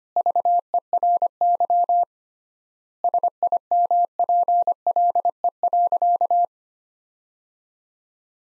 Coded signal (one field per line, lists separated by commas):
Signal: Morse code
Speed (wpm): 25 wpm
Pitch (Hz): 700 Hz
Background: none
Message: VERY SIMPLE.